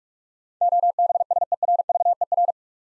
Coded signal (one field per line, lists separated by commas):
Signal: Morse code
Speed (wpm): 44 wpm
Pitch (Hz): 700 Hz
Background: none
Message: OBSERVER